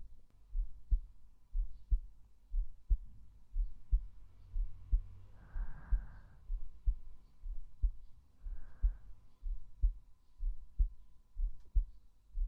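Steady paired lub-dub thumps at about 60 beats a minute, a normal adult heartbeat heard with the microphone held over the heart on the chest, with brief rustling.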